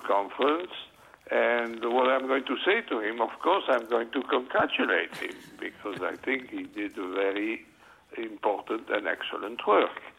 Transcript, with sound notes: conference, and what I am going to say to him of course I’m going to congratulate him, (laughter) because I think he did very important and excellent work.